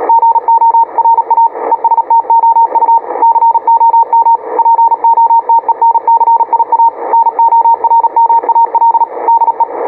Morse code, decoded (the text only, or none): GORA ESTOU COM POTENCIA NORMAL DE